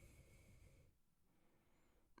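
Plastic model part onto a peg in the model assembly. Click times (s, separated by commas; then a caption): 2.2 s. A glued plastic part is pushed down onto its peg in a DeAgostini Build Your Own Thunderbird 2 scale model. A steady rushing noise drops quieter after about 0.9 s, then a short, sharp click at 2.2 s marks the part snapping securely into place.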